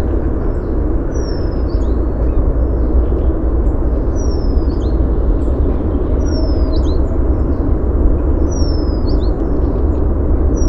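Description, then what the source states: Bird song: a high, thin whistle sliding downward, repeated about every two seconds with short chirps after each, over a constant low rumble. Helsinki, 29 April 2013; song and calls.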